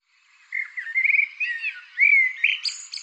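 Bird singing a fast run of warbled chirps that leads into a clear rising-and-falling whistle and closes with a high buzzy rattle.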